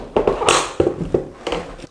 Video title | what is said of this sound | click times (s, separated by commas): RIALZO PER SEDIA da bambini BOMBOL POP UP BOOSTER SEGGIOLONE da VIAGGIO | basterà tirare con forza la linguetta rosta possa nella parte posteriore fino a sentire click come | 0.5 s